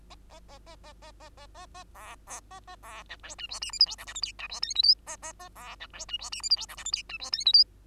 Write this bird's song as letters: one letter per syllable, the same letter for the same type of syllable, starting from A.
A A A A A A A A A A B B A A B C D E F G H I J K L M N E F O P Q A A A B C D E F G H I J K L M N E F O P Q